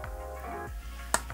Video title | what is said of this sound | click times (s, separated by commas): How To Remove & Install A Threaded Bottom Bracket On Your Bike - GCN Tech Monday Maintenance | until it clicks like that | 1.1 s